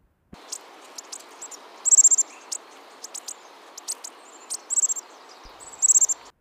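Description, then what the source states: Bushtit calls, very high thin tsit notes scattered throughout with a few short buzzy trills. Weighs 4 to 6 grams, about as much as a nickel; nearly always in flocks of 10 to 40; resident in Seattle year-round; recording by Curtis Marantz, Macaulay Library.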